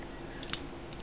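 A plastic transforming ball toy is folded shut by pushing down the back spikes and the heads and squeezing it until it locks. Two short plastic clicks are heard at 0.4 s and 0.5 s. The toy closes only partly because one of the heads is still sticking out, so it has not fully locked into its sphere shape.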